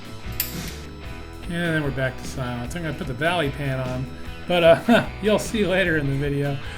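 A click-type torque wrench tightens a bolt on the engine during engine assembly of a 1967 Pontiac Catalina, giving a single sharp click at 0.4 s as it reaches its setting. After the click, someone talks while a low steady hum runs underneath. The wrench is confirmed to have clicked at its torque setting.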